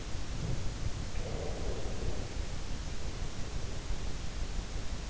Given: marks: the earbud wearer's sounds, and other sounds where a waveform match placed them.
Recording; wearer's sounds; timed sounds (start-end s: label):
sounds in sleep by an in-ear microphone; breath
0.71-4.37 s: breath